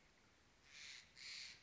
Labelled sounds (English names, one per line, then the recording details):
Steller's Jay
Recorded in Sonoma County, California